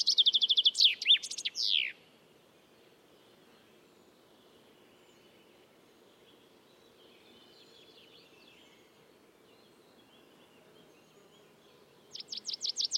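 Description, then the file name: Common chaffinch singing: the end of a descending trill with a final flourish, then about ten seconds of quiet before a new series of high repeated notes begins. "Fringilla coelebs"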